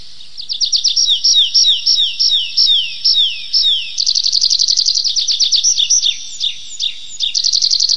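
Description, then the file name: Tree pipit song: a run of high, down-slurred whistled notes repeated several times, then a quick trill, then more slurred notes and another rapid series. "lesnoj konek anthus trivialis"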